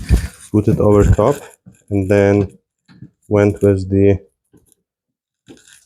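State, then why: Not seated. On a 2003-2008 Infiniti FX35 whose front wipers are not working, a plastic windshield wiper linkage cap is being handled over the linkage arm's ball joint, to be pressed on with a socket set over it and squeezed with Channellock tongue and groove pliers. Someone talks, followed by a few faint, brief ticks near the end. Nothing has seated or clicked into place yet.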